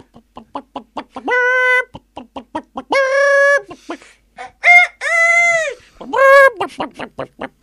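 A chicken clucks in quick, sharp bursts, broken up by four long, loud, drawn-out crowing calls, each a strained, wavering cry that rises and falls before the clucking resumes.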